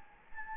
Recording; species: mosquito wingbeat signal from an infrared sensor; Anopheles gambiae